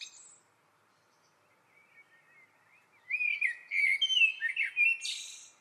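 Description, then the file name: Eurasian blackbird singing one long phrase of mellow fluted notes that breaks into a scratchy, high-pitched twittering flourish, after a quiet start. "Turdus merula"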